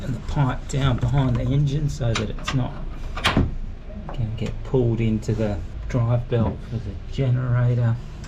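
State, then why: Not seated. Someone talks while handling the coolant hose and its quick-release fitting on the engine of a Vietnam-era M113 armoured personnel carrier, "Tiny Teddy," routing the hose behind the engine so it won't get pulled into the generator drive belt. A brief sharp knock stands out around 3.2 s amid the speech. The fitting has not yet been pushed onto its mating coupling, so nothing has seated or clicked yet.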